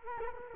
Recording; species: mosquito wingbeat signal from an infrared sensor; Culex quinquefasciatus